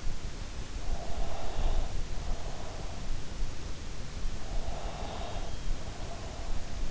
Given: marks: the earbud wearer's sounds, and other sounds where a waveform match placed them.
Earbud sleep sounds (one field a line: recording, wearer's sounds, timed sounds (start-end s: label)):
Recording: sounds in sleep by an in-ear microphone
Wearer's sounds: breath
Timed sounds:
0.85-3.02 s: breath
4.45-6.51 s: breath